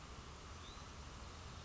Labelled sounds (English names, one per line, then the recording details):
Hutton's Vireo
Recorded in Sonoma County, California